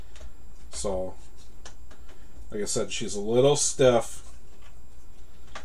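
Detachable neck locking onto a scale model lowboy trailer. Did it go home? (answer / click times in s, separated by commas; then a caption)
yes / 5.6 s. Someone talks while working the stiff locking mechanism of a detachable neck on a 1/14 scale RC lowboy trailer, which needs working in because it is a little stiff. Faint clicks and handling sounds come through under the voice, then a sharp snap at 5.6 s as the neck locks into place.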